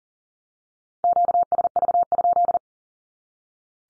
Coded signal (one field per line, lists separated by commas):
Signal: Morse code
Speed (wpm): 42 wpm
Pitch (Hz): 700 Hz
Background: none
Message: QSV?